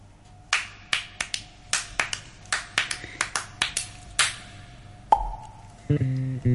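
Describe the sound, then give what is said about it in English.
A run of about fifteen crisp hand claps opening a music track, in a bouncy, syncopated rhythm, ending on one sharp accent before a bright, sustained musical chord kicks in. “the claps that start this track”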